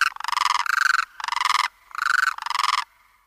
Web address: Schulze Peter Demoiselle Crane